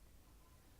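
A small metal part of an Augvape Boreas V2 rebuildable tank atomizer is pushed into the tank body during reassembly. Only a steady low background noise is heard. Nothing has seated or clicked yet.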